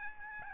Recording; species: mosquito wingbeat signal from an infrared sensor; Aedes albopictus